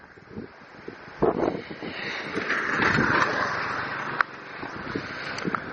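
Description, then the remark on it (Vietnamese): Steady, cool wind blowing outdoors roars and buffets across a microphone, a broad rushing noise that swells in the middle, with a few sharp gusty thumps and faint rustling underneath. “Gió rất là mát, hay gió kia buồn, không biết là mọi người có nghe được cái tiếng không, mà sợ là nghe cái tiếng gió không quá.”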